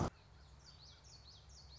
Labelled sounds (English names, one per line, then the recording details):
Common Yellowthroat
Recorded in Sonoma County, California